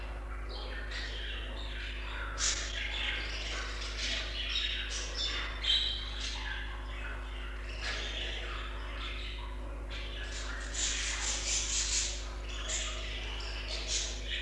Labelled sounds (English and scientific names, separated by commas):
Budgerigar (Melopsittacus undulatus) call